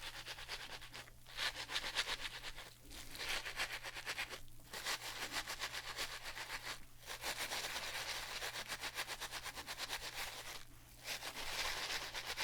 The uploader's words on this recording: ASMR Relaxing Shampoo and Hair brushing. NO TALKING.